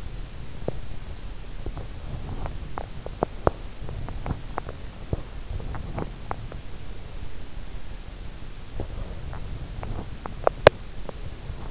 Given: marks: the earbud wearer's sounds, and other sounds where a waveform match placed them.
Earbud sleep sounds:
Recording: sounds in sleep by an in-ear microphone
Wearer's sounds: teeth grinding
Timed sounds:
0.00-6.81 s: teeth grinding
8.72-11.70 s: teeth grinding

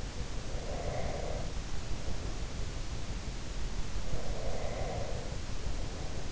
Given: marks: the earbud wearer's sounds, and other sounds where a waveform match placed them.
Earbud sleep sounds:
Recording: sounds in sleep by an in-ear microphone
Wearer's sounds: breath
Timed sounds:
0.36-2.20 s: breath
4.00-6.32 s: breath

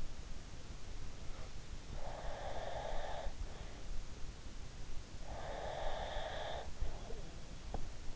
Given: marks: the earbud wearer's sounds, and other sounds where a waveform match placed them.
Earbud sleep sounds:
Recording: sounds in sleep by an in-ear microphone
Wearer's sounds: breath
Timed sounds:
1.92-3.43 s: breath
5.34-7.22 s: breath
7.60-7.89 s: sound from someone else or the room

